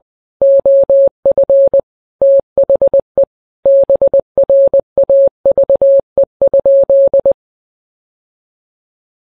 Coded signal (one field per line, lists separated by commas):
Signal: Morse code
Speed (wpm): 20 wpm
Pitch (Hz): 550 Hz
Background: none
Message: OF THE BRAVE?